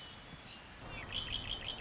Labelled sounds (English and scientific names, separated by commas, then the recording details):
Red-winged Blackbird (Agelaius phoeniceus)
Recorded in Sonoma County, California